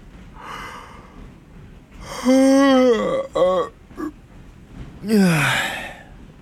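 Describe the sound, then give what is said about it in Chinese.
A voice acts out Draco Malfoy's exaggerated yawn from Harry Potter: a long, loud, drawn-out vocal glide that swoops down in pitch, followed by short breathy bursts and a second falling, sighing yawn. “马尔福夸张地打了个哈欠。”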